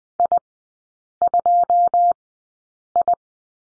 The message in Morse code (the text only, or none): I2I